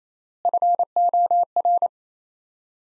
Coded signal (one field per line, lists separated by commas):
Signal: Morse code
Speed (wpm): 27 wpm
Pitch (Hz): 700 Hz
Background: none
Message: FOR